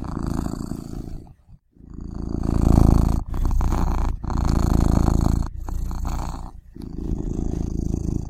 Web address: ~k garrigue Final Sounds Cat Purring